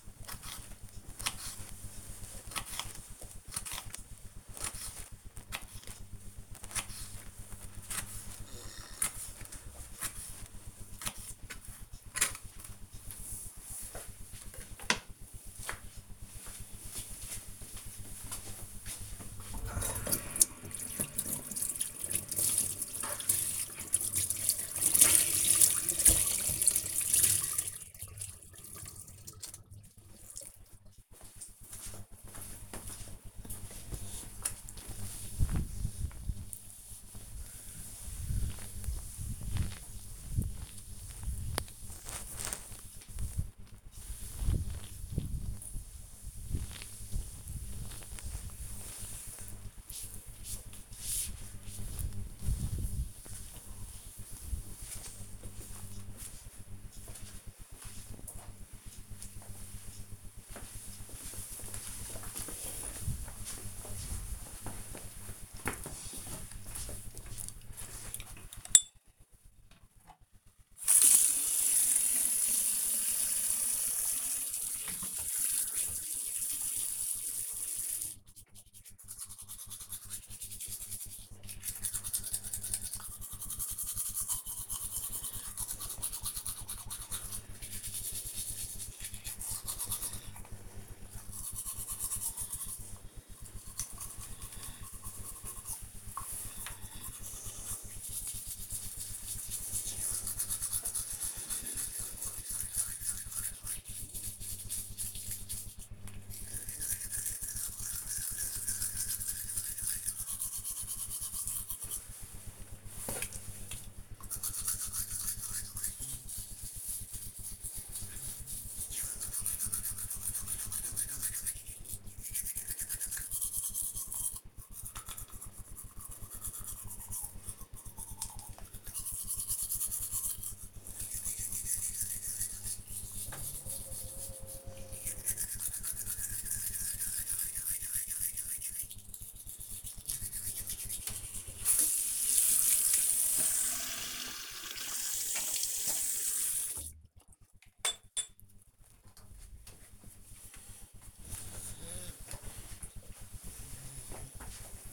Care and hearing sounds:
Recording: household activities, microphone on the right wrist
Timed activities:
0.00-13.50 s: cutting vegetables
19.54-55.72 s: cleaning table
68.81-148.23 s: brushing teeth

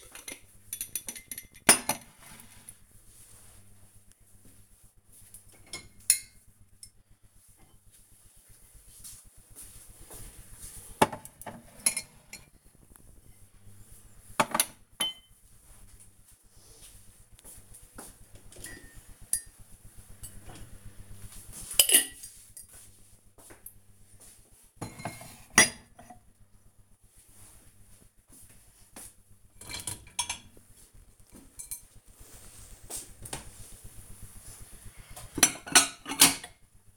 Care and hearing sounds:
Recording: household activities, microphone on the right wrist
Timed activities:
0.00-36.97 s: cleaning out the dishwasher

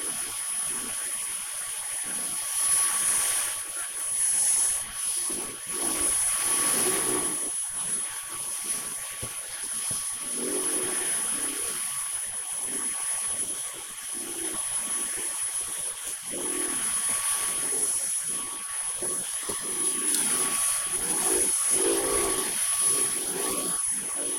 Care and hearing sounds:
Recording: household activities, microphone on the right wrist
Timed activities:
0.00-24.39 s: vacuum cleaning

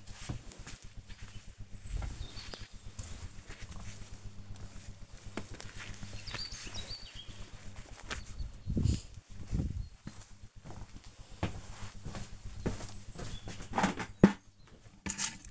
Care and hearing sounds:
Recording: household activities, microphone on the right wrist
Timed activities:
0.00-15.51 s: working in the garden

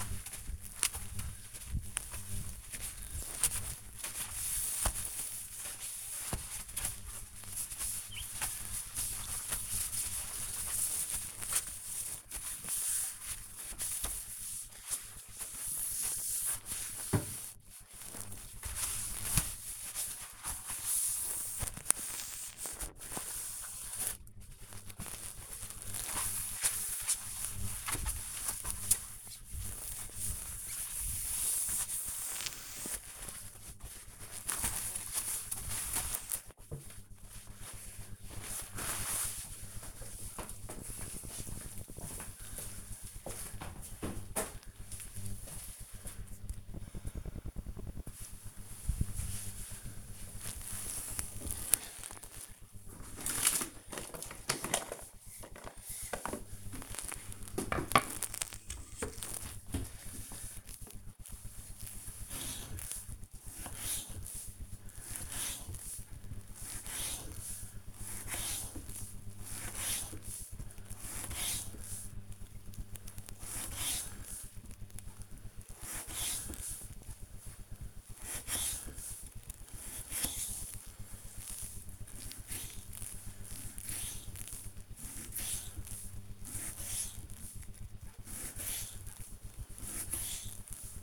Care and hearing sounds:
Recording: household activities, microphone on the right wrist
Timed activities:
0.00-36.91 s: window cleaning
52.99-91.03 s: cutting vegetables

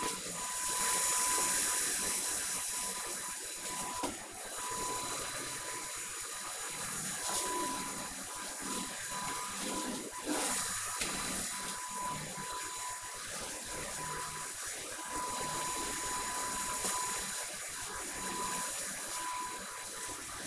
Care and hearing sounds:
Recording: household activities, microphone on the right wrist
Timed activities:
0.00-20.47 s: vacuum cleaning

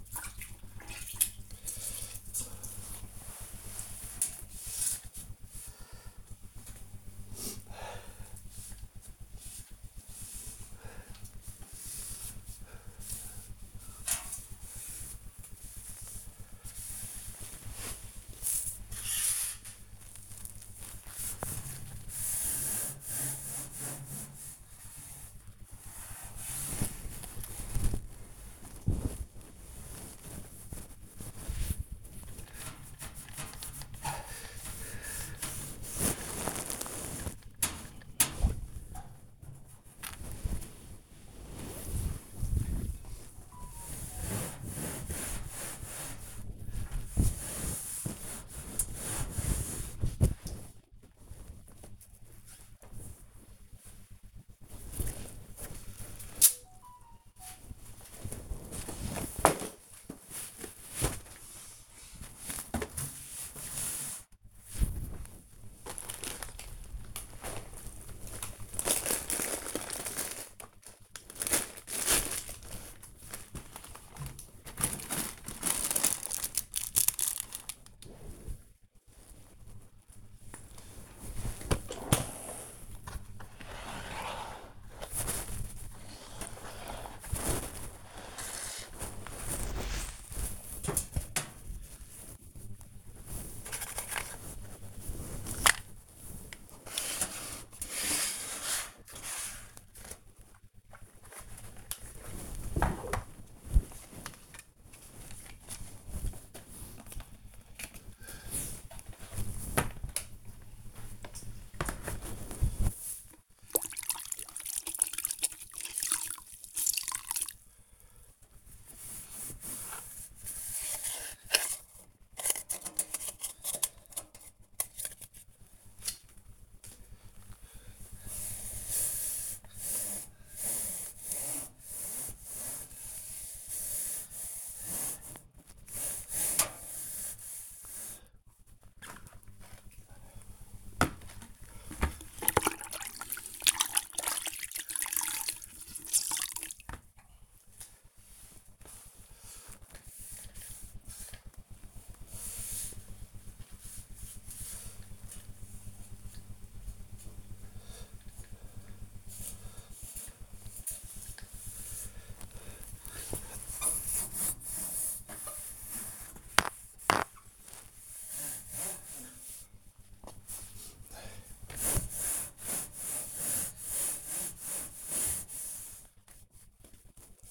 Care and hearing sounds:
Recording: household activities, microphone on the right wrist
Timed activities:
0.00-59.31 s: cleaning the cupboard
63.33-170.79 s: cleaning the cupboard
173.82-177.50 s: cleaning the cupboard

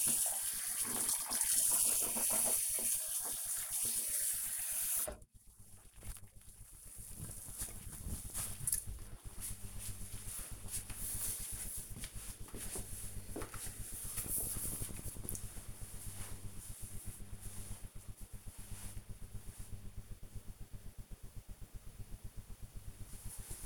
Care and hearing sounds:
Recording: household activities, microphone on the right wrist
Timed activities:
0.00-5.66 s: brushing teeth

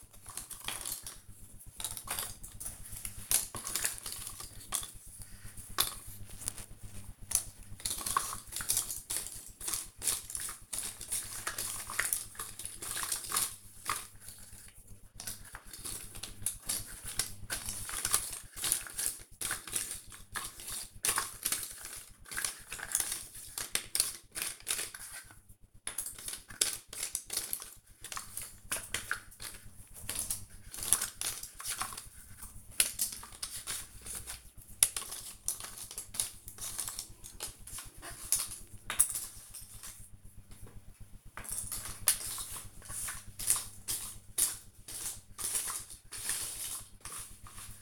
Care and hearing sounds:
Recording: household activities, microphone on the right wrist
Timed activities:
0.00-46.62 s: doing a puzzle

